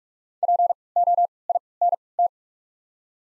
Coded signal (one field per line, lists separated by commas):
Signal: Morse code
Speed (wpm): 44 wpm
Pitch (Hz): 700 Hz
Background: none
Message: P O I N T